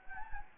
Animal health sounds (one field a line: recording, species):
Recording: mosquito wingbeat signal from an infrared sensor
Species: Anopheles gambiae